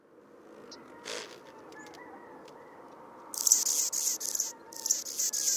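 Anna's hummingbird song: after faint quiet sounds, a high, buzzy, scratchy phrase bursts in and repeats with a short break near the end.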